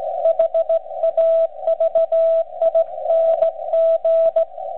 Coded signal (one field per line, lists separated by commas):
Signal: Morse code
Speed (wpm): 15 wpm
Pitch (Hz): 660 Hz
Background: radio noise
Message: HAVING